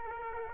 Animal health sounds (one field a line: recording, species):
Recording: mosquito wingbeat signal from an infrared sensor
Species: Aedes aegypti